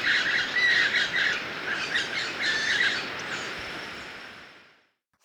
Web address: Natures Songs S America Birds of Ecuador